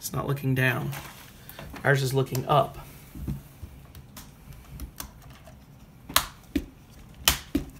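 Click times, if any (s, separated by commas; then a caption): 6.2 s, 7.3 s. Someone talks while the plastic tilt piece of a ball launcher for a Wonder Workshop Dash toy robot is pushed into the launcher body, with a few faint taps after the speech. It snaps down in two sharp clicks, at 6.2 s and 7.3 s, each followed by a softer click, and the piece is seated.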